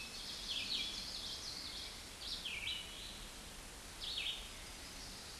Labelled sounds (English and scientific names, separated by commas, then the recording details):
Red-eyed Vireo (Vireo olivaceus) song
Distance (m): 15 m
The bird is about 5 m above the microphone
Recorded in a Pennsylvania forest on 16 May 2024 at 09:02
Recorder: AudioMoth, point MSD-2287
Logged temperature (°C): 11.2 °C
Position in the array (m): 150 m, 28 m